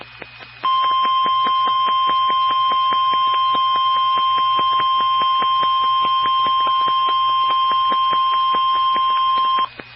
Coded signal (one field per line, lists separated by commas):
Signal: Emergency Alert System (SAME) tones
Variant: 1050 Hz attention tone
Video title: Snow Squall Warning (EAS 1263)